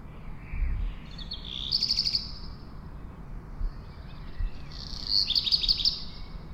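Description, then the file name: Black redstart song: two short phrases of high rattling, crackling notes, over a low background rumble. "hausrotschwanz. Stefan Wehr"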